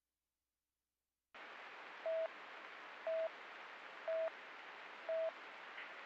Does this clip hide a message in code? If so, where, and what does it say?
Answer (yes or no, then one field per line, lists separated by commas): no